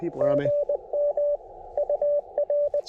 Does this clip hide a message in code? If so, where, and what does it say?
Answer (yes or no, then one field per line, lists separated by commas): yes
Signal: Morse code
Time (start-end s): 0.2-2.8 s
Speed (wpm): 20 wpm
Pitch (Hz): 590 Hz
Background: speech, radio noise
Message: GM UR